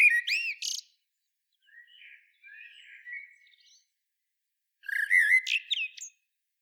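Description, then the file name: Common blackbird with two bright warbled phrases topped by high twittering notes, with soft quiet warbles in the gap between them. "Turdus merula"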